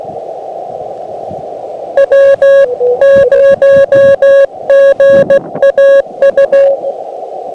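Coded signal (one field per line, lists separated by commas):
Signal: Morse code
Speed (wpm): 19 wpm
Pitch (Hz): 550 Hz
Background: radio noise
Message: W0GAU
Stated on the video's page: QRP park activation, FT-891 at 5 watts into an end-fed random wire via tuner, dummy load accidentally left switched in; on 15, 10, 17 and 20 m.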